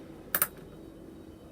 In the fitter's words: little Stoppers inside of them which will stop it at those clicking points I believe there's about three clicking points so we've got one more